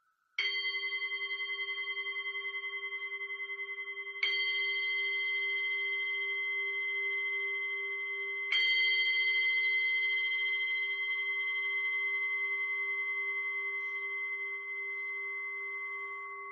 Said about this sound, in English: So if you're ready, we can begin with our metta practice. I'll just sound the bell.